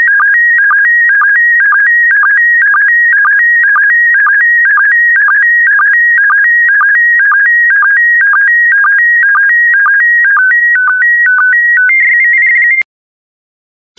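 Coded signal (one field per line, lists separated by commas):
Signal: SSTV (slow-scan television)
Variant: PD120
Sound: warbling tone jumping between high pitches, with a short low chirp about twice a second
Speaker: complete. You can now check your decoded image against the picture that is shown on the video.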